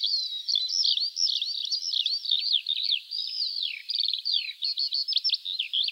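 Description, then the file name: Eurasian Skylark song: dense, hurried warbling that breaks near the end into short repeated trills and chirped phrases, pitched high. "Alouette des champs"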